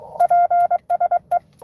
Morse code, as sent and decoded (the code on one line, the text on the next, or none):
.--. ... .
PSE